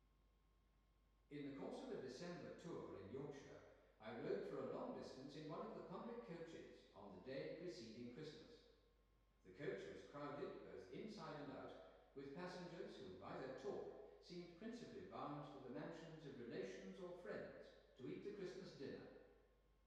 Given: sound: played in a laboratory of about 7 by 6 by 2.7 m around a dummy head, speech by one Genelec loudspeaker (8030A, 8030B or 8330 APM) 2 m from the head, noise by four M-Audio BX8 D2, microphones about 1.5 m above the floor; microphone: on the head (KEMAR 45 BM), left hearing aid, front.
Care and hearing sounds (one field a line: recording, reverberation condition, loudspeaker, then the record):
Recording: male speech in English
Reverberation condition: high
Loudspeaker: 120 degrees to the right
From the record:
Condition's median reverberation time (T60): about 1300 ms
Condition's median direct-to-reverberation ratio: about -4.0 dB